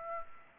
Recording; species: mosquito wingbeat signal from an infrared sensor; Aedes aegypti